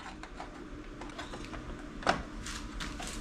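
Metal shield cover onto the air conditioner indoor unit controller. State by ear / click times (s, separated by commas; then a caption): not seated / none. A metal shield cover is handled against the controller area of a Daikin Cora air conditioner indoor unit, with soft scrapes and light taps over a low steady hum and one brief sharp knock near 2.1 s. The cover has not seated or clicked into place yet.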